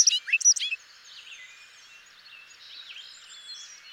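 Bobolink song opening with a few loud, sharp, clinking notes, then a softer, continuous bubbling jumble of tinkling notes.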